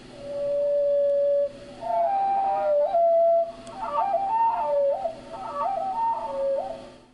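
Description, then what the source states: Hermit Thrush song slowed further, a long sustained whistle, then slurred notes stepping up and down in a slow, flute-like cascade. Song played slowed to quarter speed.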